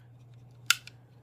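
A Sig Sauer P320 pistol's takedown lever is flipped back down into its down position in the frame during reassembly. It snaps down with one sharp metallic click at 0.7 s, followed by a softer tick just after, and the lever is seated.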